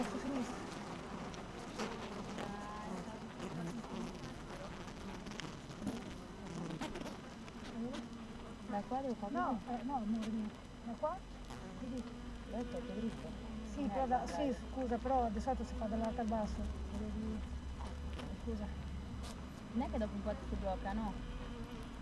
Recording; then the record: honeybee colony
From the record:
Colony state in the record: active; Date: 12 June 2018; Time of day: 7:50